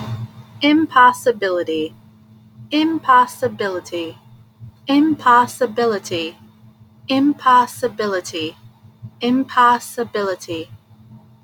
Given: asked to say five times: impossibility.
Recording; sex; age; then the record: repeated word; female; 30 to 39 years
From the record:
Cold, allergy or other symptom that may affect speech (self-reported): no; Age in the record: 37 years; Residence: Delaware, United States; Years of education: 12